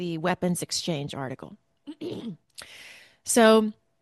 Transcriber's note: clears throat